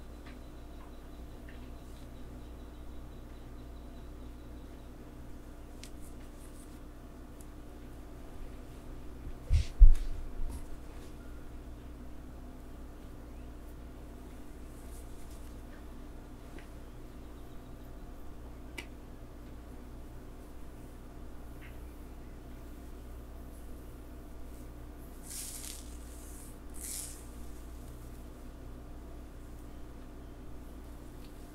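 Hair play and a back scratch with massage, mostly quiet over a steady low hum. Faint clicks and light rustles come and go, with a sudden soft thump near ten seconds and short bright scratching strokes around twenty-five to twenty-seven seconds.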